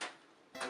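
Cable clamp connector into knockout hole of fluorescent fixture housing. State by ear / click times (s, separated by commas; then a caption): seated / 0.0 s. A cable clamp connector is pushed into a pre-knocked 1/2 inch knockout hole, opened with side cutters, in the sheet-metal housing of a surface-mount 4-foot fluorescent light fixture. A sharp snap at 0.0 s is followed by quiet, then a longer bright rattling burst starting around 0.55 s. The connector is seated, having snapped into the knockout at 0.0 s.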